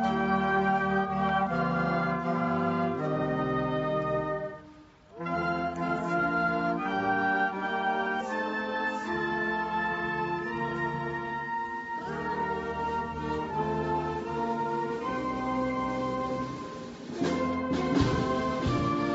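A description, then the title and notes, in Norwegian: A small town parade, heard through a band playing: held, bright chords shifting steadily over a firm low part. The music breaks off briefly around five seconds, eases near sixteen, then returns with sharp crashing hits. Mini-borgartog i Leirvik. Nasjonaldagen 2020 vart veldig spesiell i Leirvik, sidan det nesten ikkje var folk å sjå samanlikna med det som er vanleg. Likevel vart det eit slags mini-borgartog med 40 personar.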